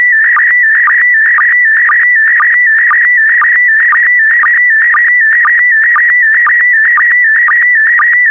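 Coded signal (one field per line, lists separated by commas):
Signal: SSTV (slow-scan television)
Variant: PD120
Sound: warbling tone stepping between pitches, with a short low blip roughly every half second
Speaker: Five, four, three, two, one. Transmission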